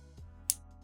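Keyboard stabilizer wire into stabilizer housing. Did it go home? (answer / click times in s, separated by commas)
yes / 0.5 s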